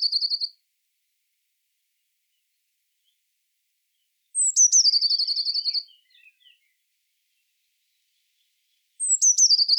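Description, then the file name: Eurasian blue tit repeating its phrase about every four to five seconds: a high, slurred note leading into a rapid, chattering trill, with a few faint twitters after. "Cyanistes caeruleus"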